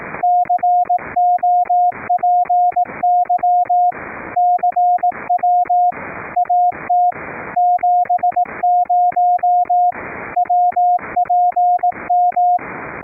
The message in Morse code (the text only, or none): COPY CW AT 70 WPM